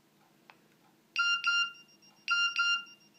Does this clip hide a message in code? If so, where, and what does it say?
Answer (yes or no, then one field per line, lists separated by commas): no